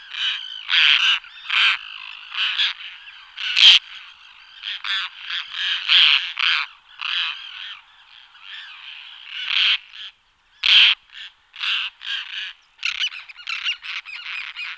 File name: Rybak rajsky Sterna dougallii